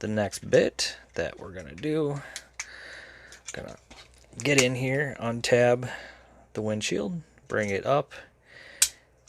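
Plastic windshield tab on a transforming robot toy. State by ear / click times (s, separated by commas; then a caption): seated / 8.8 s. Someone talks while the plastic windshield piece of a transforming robot toy is lifted by its tab until it clicks into position. A sharp click at 8.8 s marks the windshield tab seating in place.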